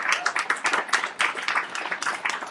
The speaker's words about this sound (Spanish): Y tengo el placer, y les pediré un fuerte aplauso para mis dos acompañantes.